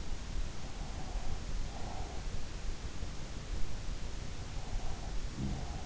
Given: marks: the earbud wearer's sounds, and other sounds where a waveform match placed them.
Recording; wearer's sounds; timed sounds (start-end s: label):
sounds in sleep by an in-ear microphone; breath
0.31-2.38 s: breath
4.70-5.86 s: breath